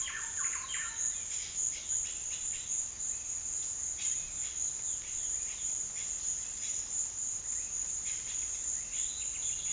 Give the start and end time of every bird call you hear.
[0.00, 0.98] bird call
[1.25, 2.75] bird call
[3.88, 6.81] bird call
[7.62, 9.73] bird call

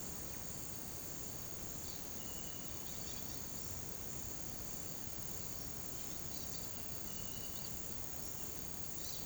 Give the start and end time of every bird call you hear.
[2.09, 3.38] bird call
[6.32, 7.79] bird call

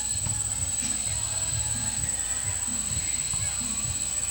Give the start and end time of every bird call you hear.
[0.00, 4.26] bird call

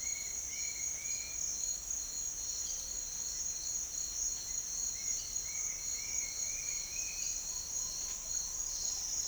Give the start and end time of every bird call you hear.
[0.00, 1.46] bird call
[4.88, 7.27] bird call

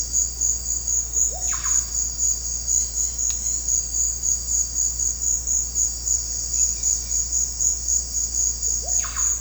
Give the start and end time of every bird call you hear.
[1.25, 1.77] bird call
[8.79, 9.34] bird call

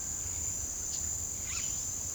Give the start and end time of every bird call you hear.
[0.84, 2.15] bird call

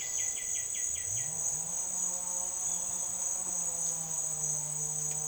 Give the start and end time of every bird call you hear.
[0.00, 1.29] bird call

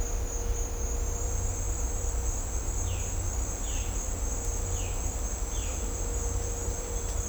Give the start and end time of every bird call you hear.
[2.84, 3.10] bird call
[3.64, 3.86] bird call
[4.68, 4.96] bird call
[5.49, 5.75] bird call

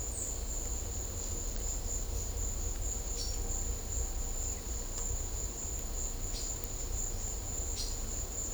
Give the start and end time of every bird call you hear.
[3.12, 3.41] bird call
[7.74, 7.95] bird call

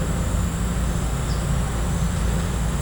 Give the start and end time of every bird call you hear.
[1.27, 1.39] bird call

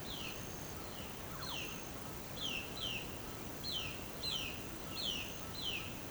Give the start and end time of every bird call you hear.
[0.00, 6.10] bird call

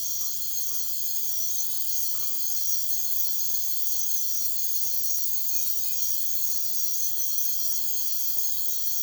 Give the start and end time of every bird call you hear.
[0.00, 0.90] bird call
[2.11, 2.47] bird call

